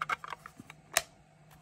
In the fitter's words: that click so again very very very secure